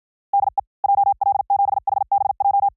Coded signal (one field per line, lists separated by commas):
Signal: Morse code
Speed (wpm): 53 wpm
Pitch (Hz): 800 Hz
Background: none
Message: DE JL7HBJ